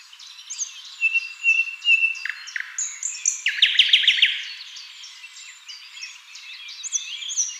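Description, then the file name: Common nightingale song: long whistled notes and a fast rattling trill. "Luscinia megarhynchos"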